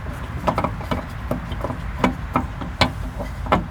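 A Fahren LED headlight bulb is pushed straight into the headlight housing hole of a 2008–2013 GMC Sierra/Silverado truck (hi and low beam) and turned clockwise. Several knock-like hits sound during the turn. The loudest, at 2.8 s, is the bulb locking into place, seated.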